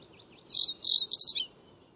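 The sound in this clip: Bird call: two high, thin, falling whistled notes followed by a quick run of three short chipping notes and a brief downslurred tail, all within about one second.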